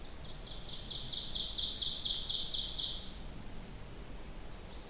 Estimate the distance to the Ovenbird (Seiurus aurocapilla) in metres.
about 40 m